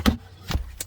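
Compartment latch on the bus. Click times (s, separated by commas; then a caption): 0.1 s. A compartment latch on a bus is released and the compartment pops open, with a loud hit at 0.1 seconds. Further sharp knocks follow at about 0.5 and 0.8 seconds over a low steady rumble.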